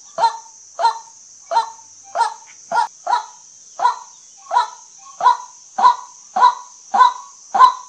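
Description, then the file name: White-breasted waterhen uttering coarse kwak calls in a monotonous series, slightly uneven spacing, thirteen notes, against a persistent thin high-pitched hum. Lure calls used for night hunting. "เสียงนกกวักเน้นยิงกลางคืน"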